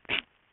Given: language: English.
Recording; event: throat vibration sensor signal played as sound; cough